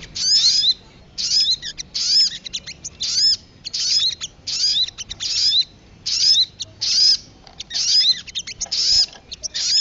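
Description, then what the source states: Lovebird calls: harsh, shrill, chattering bursts about half a second long, repeated roughly every second with short gaps, high-pitched and buzzy throughout. Lure call recording used for trapping birds.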